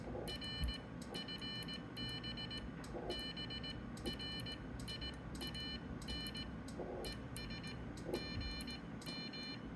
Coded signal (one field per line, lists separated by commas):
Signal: Morse code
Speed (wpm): 18 wpm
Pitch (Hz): 3000 Hz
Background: none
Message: RFB BRIAN ES GM